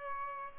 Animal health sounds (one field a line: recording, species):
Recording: mosquito wingbeat signal from an infrared sensor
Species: Aedes albopictus